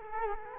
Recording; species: mosquito wingbeat signal from an infrared sensor; Culex quinquefasciatus